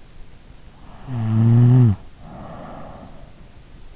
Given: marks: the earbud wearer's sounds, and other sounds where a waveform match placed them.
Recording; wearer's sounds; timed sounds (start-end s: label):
sounds in sleep by an in-ear microphone; snoring breath
0.63-3.49 s: snoring breath